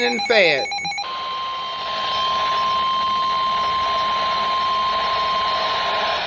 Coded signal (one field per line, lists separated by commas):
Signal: Emergency Alert System (SAME) tones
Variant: 1050 Hz attention tone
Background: speech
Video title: WIDESPREAD VS. ISOLATED - EAS Alerts from 06/15/2022 (EAS #454-475)